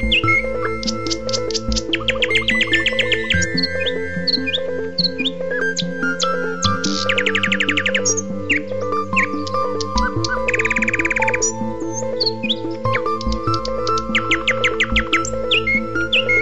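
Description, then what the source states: Birds chirping and trilling in quick bursts and whistled notes, layered over loud looping synthetic music with a pulsing low beat. Morning birdsong.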